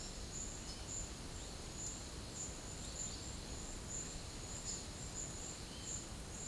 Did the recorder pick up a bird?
no